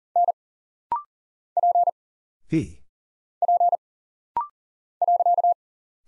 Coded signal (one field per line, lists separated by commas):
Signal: Morse code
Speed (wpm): 40 wpm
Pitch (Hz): 700 Hz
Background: none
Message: N P P .